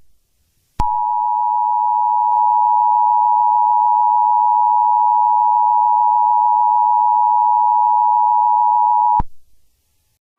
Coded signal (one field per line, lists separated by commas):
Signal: Emergency Alert System (SAME) tones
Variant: 853 and 960 Hz attention tone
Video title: Eas Scenario|the catastrophe - its just the beginning…